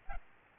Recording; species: mosquito wingbeat signal from an infrared sensor; Aedes albopictus